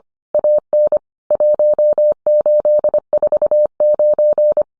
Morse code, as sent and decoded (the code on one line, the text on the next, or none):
.- -. / .---- ---.. ....- ----.
AN 1849